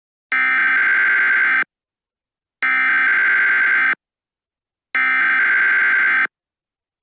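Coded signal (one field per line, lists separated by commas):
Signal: Emergency Alert System (SAME) tones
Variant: header bursts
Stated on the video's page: Fictional EAS scenario; simulated alert, not a real broadcast.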